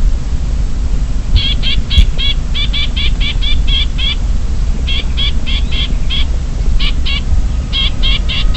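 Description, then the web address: Chinese grassbird giving rapid series of harsh buzzy chatters, repeated in runs of several notes with brief pauses, against a constant low background hum. Subspecies sinicus; alarm call; recorded at Shanli, Guangxi, China, on 5 February 2012. "Chinese Grassbird Alarm Call China Guangxi Shanli 120205. graminicole de chine graminicola striatus ssp sinicus"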